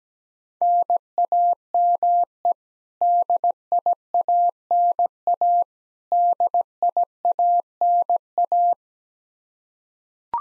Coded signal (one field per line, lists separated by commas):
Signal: Morse code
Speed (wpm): 17 wpm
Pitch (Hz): 700 Hz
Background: none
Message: NAME DIANA DIANA